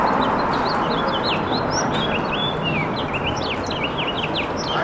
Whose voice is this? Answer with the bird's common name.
House Finch